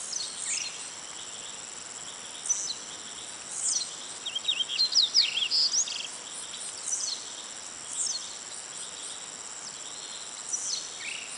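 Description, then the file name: Yellow-bellied seedeater calling: a quick cluster of sharp, high chirps over about a second and a half, set against a steady shrill insect drone with scattered faint chips. Recorded 24 May 2011. "20110524 SPONIG"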